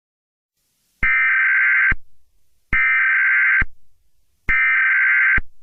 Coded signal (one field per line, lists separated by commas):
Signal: Emergency Alert System (SAME) tones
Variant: header bursts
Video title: EAS Scenario Remake #3: Cyberterror (Original by DragonBornEAS)